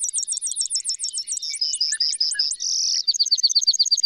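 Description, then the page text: Brewer's sparrow trilling at high pitch, quick repeated slurred notes shifting speed, a brief dense buzz, then another rapid series of sharp notes. Energized dawn singing: continuous canary-like song ramble sweeping down the scale, alternating with long series of high, buzzy, insectlike trills and zeeet calls; May 27, 2006, Pawnee National Grassland, Colorado. "Birdsong for the Curious Naturalist. Brewer's sparrow"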